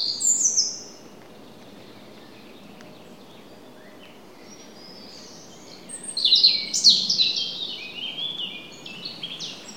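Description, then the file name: European robin: a short high warble, a long pause, then an extended sparkling phrase of quick whistles and trills, all over gentle continuous hiss. "Erithacus rubecula"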